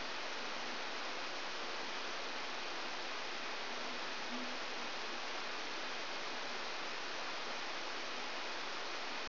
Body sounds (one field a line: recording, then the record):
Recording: brain microelectrode recording played as sound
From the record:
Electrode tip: outside the subthalamic nucleus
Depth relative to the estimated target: 2 mm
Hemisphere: right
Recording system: AlphaMap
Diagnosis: Parkinson's disease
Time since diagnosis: 13 years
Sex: male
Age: 63 years